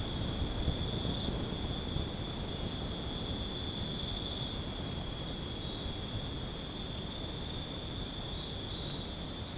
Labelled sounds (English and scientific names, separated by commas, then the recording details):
none
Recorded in dense forest near Puerto Asís, Putumayo, Colombia, on 29 June 2025 at 00:00
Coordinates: 0.486, -76.317
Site G065